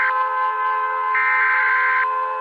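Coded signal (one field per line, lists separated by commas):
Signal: Emergency Alert System (SAME) tones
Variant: header bursts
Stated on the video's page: Animated fictional EAS alarm, not a real broadcast.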